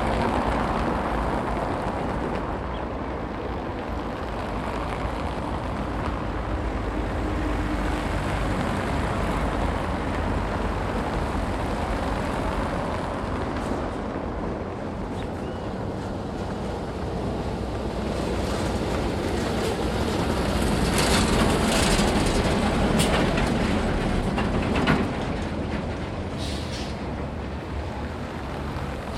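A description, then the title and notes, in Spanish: A railway bridge over a busy avenue, with a dense, steady rumble of traffic and machinery filling the whole half minute. The noise swells between about 20 and 26 seconds, with brighter screeching and clattering bursts and a sharp knock near 25 seconds. Puente Ferroviario sobre Avenida Colón.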